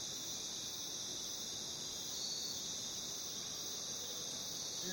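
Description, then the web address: Cricket chorus, a continuous high ringing trill without pause, steady in loudness over soft low-pitched background noise. In jungle. "the sound pack tree. jungle crickets"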